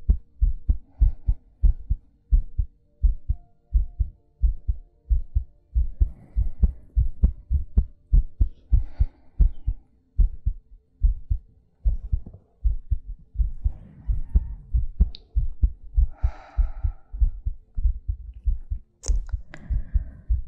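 Steady low thumping adult heartbeat at about 95–100 a minute, heard close up, with soft breathing sounds layered over it.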